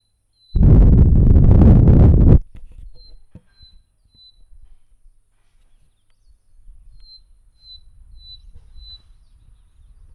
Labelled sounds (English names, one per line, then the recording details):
Western Black-headed Batis
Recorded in northern Uganda